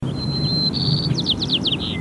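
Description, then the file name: White-crowned sparrow song: a long, clear, steady whistle, then a buzzy note and a quick run of slurred, falling chirps, over a low background rumble. Recorded at Lake Merced in 1969. "WCSP 1969 Lake Merced"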